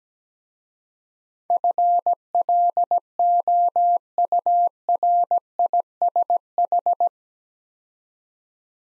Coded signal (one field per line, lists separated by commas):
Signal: Morse code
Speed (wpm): 17 wpm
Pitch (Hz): 700 Hz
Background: none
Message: FLOURISH